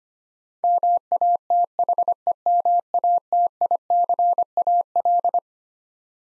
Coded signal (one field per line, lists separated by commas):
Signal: Morse code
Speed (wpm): 25 wpm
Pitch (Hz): 700 Hz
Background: none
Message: MATHEMATICAL